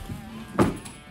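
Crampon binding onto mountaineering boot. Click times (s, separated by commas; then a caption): 0.6 s. A crampon is fitted onto a mountaineering boot, and its metal binding gives a sharp click at 0.6 s, followed by a fainter tick at 0.9 s. The binding clicks into place and the crampon is seated on the boot.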